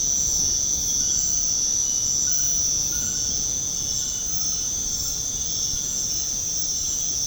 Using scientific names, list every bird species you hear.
none